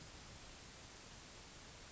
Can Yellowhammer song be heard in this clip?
no